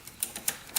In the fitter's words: yeah that one actually clipped into place there